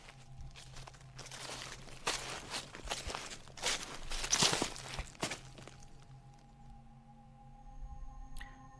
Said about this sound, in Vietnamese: Ở đằng sau khu biệt thự, nơi ấy cây cối xôm xuê ôm tùm, hầu như chẳng mấy khi có người lai vãng. Tiếng bước chân của một người cứ loạt soạt, dẫm lên đám lá cây khô, vang lên rất rõ trong đêm tĩnh lặng.